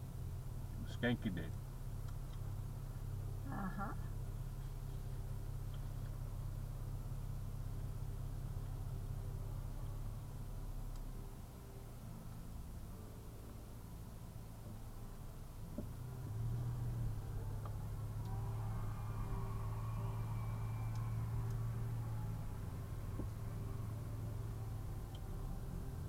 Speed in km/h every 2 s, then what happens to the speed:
0, 0, 0, 0, 0, 0, 0, 2, 5, 5, 6, 6, 5.
0-15 standing. 15-26 steady at about 5.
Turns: none.